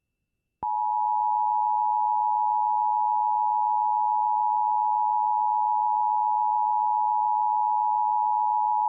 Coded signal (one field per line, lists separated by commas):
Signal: Emergency Alert System (SAME) tones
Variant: 853 and 960 Hz attention tone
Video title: Severe Thunderstorm Warning on WBAP Dallas/Fort Worth (EAS #1353)